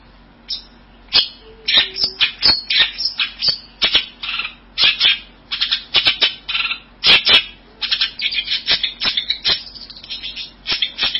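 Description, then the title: Bird calls: bursts of loud, scratchy high chirps delivered in quick uneven runs, with brief pauses between clusters and a couple of faint low notes. "burung online"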